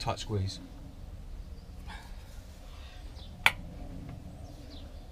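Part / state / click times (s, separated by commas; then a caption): ignition coil cap onto motorcycle spark plug / seated / 3.5 s. On a BMW motorcycle, the plastic ignition coil cap is squeezed down over the spark plug while someone talks. A sharp, loud click at 3.5 seconds marks the cap snapping home and seating on the plug.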